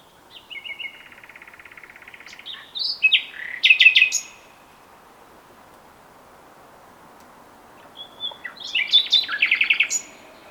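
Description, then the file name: Common nightingale song: a quiet rapid trill swells into loud chirps, a silent gap follows, then another rich, stuttering phrase. "Luscinia megarhynchos"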